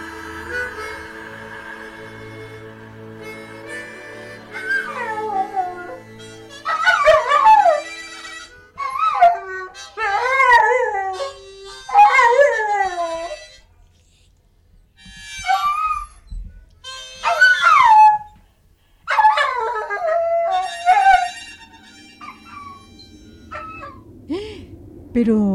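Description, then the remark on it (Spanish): A dog howls and whimpers in a series of wavering, sliding cries, each burst rising and falling in pitch with short pauses between, following a few seconds of steady sustained tones. The dog is Xolotl, the dog that guides those lost in the underworld, Xibalbá. “Pero si es el Xolotl, es el perro que guía a los que están perdidos en el inframundo.”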